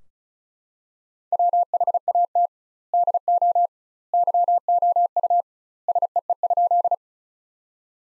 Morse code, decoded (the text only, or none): WHAT DO YOU SEE?